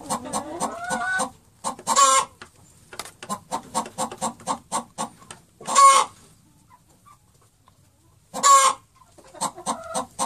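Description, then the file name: Chicken giving quick repeated clucks broken by three loud harsh cackles spaced several seconds apart. Hen; sound made when laying an egg. "spawning sound hen"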